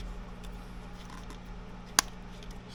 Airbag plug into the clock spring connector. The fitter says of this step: simply pops right in as